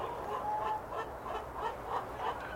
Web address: Sound Effects-Foundation 1 BIRD CHICKEN BEREL CLUCKING